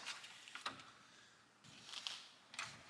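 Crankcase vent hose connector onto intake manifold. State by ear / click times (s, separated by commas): not seated / none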